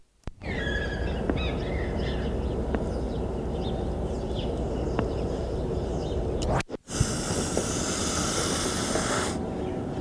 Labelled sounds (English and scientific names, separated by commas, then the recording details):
Wapiti (Cervus canadensis)
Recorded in captivity
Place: Tierpark Berlin, Berlin, DE
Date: 1970-12-20
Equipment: Uher 4200 Report Stereo, Sennheiser MD 421 (z.T. mit Tesla-Verstärker)
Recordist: Tembrock, Günter